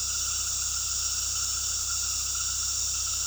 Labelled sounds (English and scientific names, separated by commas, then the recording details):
none
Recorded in pastures near Puerto Asís, Putumayo, Colombia, on 20 February 2024 at 19:00
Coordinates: 0.486, -76.323
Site G6462